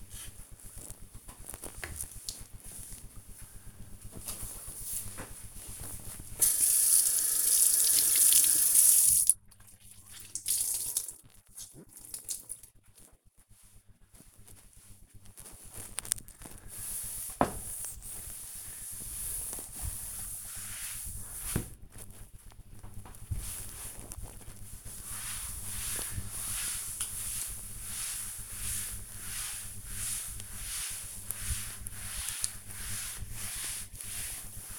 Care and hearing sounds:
household activities, microphone on the right wrist
6.80-34.79 s: cleaning table

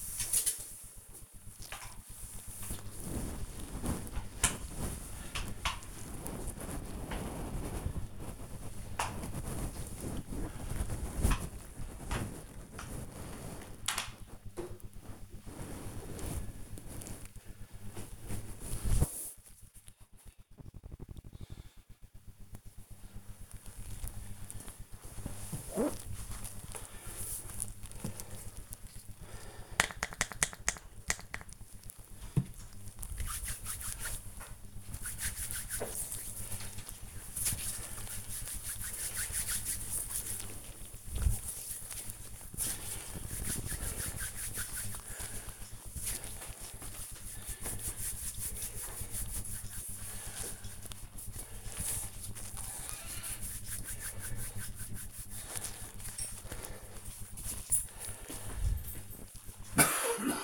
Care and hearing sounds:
household activities, microphone on the right wrist
0.00-12.97 s: floor cleaning
28.06-58.29 s: disinfecting hands

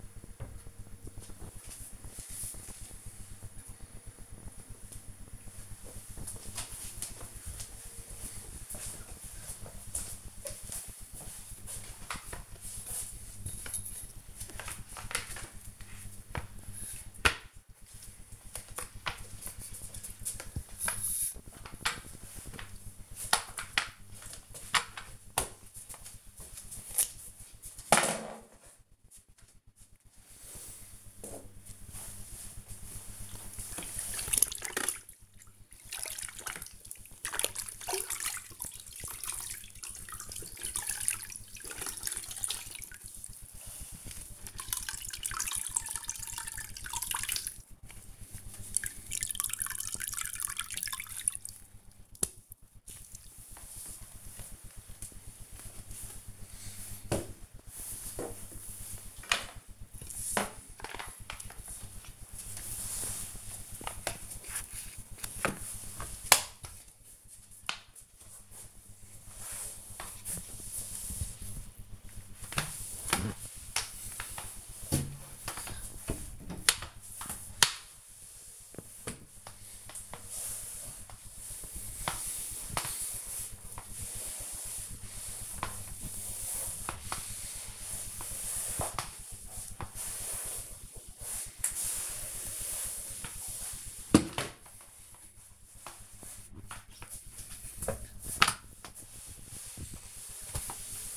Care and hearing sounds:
household activities, microphone on the right wrist
11.08-101.17 s: floor cleaning

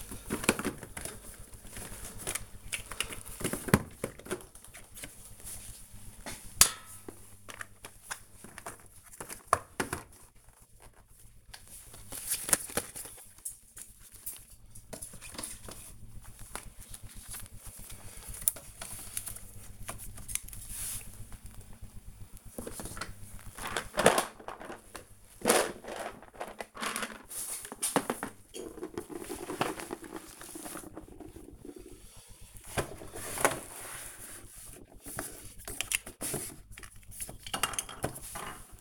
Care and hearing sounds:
household activities, microphone on the right wrist
0.00-38.81 s: cleaning the cupboard

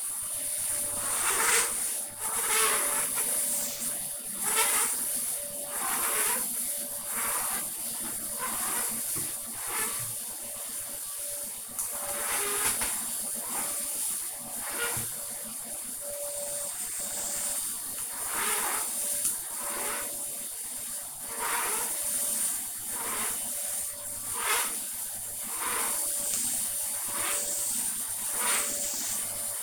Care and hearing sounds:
household activities, microphone on the right wrist
0.00-29.63 s: vacuum cleaning

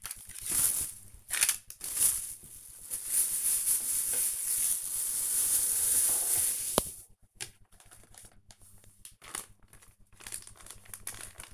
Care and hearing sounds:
household activities, microphone on the right wrist
0.00-11.54 s: tidy up the cupboard

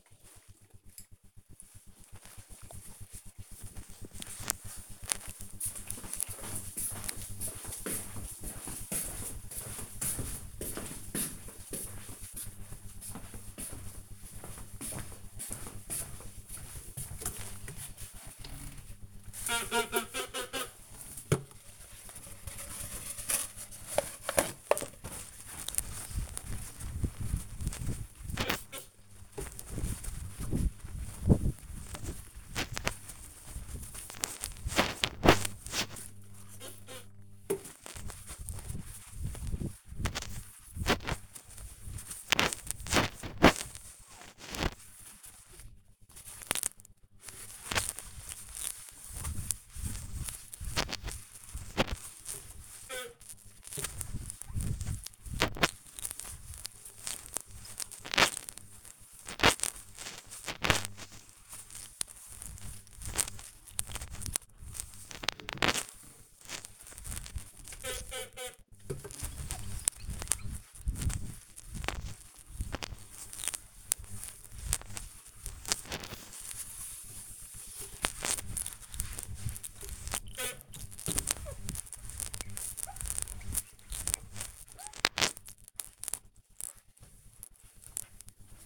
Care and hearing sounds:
household activities, microphone on the right wrist
16.23-84.71 s: window cleaning

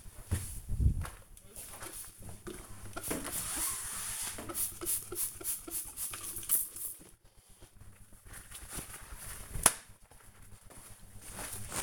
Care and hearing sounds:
household activities, microphone on the right wrist
0.00-11.83 s: window cleaning

